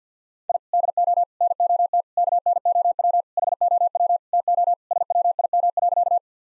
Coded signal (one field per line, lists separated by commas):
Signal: Morse code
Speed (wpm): 50 wpm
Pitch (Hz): 700 Hz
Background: none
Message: I DO NOT KNOW HOW TO SWIM.